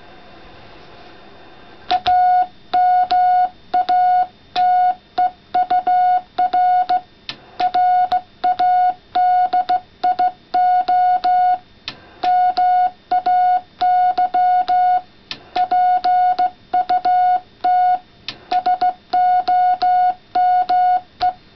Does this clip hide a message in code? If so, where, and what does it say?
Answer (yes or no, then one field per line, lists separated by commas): yes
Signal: Morse code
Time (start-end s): 1.9-21.3 s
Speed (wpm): 16 wpm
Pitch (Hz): 730 Hz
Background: none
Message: AMATEUR RADIO MAY PUT SOME